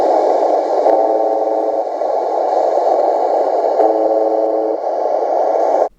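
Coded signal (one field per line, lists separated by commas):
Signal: channel marker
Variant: UVB-76 (The Buzzer)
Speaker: the most spooky station is called the buzzer what does the buzzer do well it buzzes and it buzzes and it buzzes 24 hours a day it's on 4625 but we believe it comes from russia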